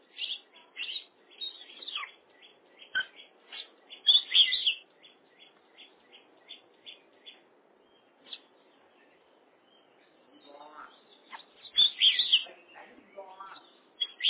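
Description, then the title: Oriental magpie-robin song: bursts of sharp, varied whistled and chirping notes, quick repeated phrases separated by short pauses, a quieter stretch midway before louder phrases return. "suara kacer"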